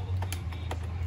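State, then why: Not seated. A plastic wiring socket is handled against its mating socket during reassembly of a 1 HP Condura window-type aircon. Brief sharp handling taps sound at about 0.2, 0.3 and 0.7 seconds over a steady low hum. Nothing has seated or clicked yet.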